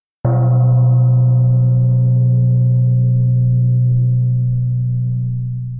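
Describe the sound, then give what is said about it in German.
A single gong strike, inserted to mark a section of a recording, with a sudden attack, then a deep, rich ringing tone full of overtones that fades slowly over about five seconds. No voices are heard. “Okay, Achtung, wir fügen jetzt auch hier einen Gong ein übrigens, ne?”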